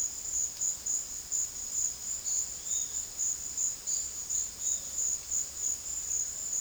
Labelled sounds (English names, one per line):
Great Kiskadee